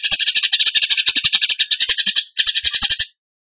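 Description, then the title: Bird song of quick, buzzy pulsed notes in a steady run, a short gap, then a brief final burst before silence. Masteran (training recording) of a bird singing in the gacor tembakan song style. "Masteran Burung Tembakan Gacor"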